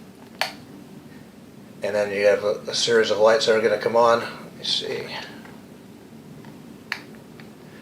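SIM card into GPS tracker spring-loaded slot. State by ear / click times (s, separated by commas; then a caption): seated / 6.9 s. A SIM card, metal side facing down toward the tracker's magnetic bottom, is pushed into the spring-loaded slot of a Sleuthtek real-time GPS tracker, a step that sometimes needs a fingernail or a coin. Someone talks over quiet room noise, and a brief sharp tap is heard at 0.4 s. The card snaps in with a crisp click at 6.9 s, seating in the slot as the tracker's status lights come on.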